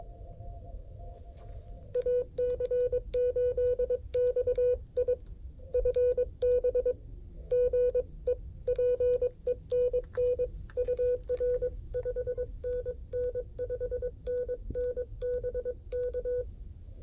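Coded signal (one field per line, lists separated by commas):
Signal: Morse code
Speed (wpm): 22 wpm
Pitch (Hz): 500 Hz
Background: music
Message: AC8XI FB GE PENN UR 5NN 5NN BK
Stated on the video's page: Portable activation using a QRP Labs QMX rig with a kit key, Just Ok Mini antenna and 9V batteries, heard through a speaker.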